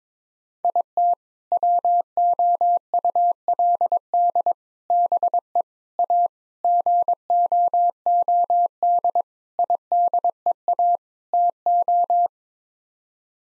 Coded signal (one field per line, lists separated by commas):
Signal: Morse code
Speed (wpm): 22 wpm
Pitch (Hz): 700 Hz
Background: none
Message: IT WOULD BE A GOOD IDEA TO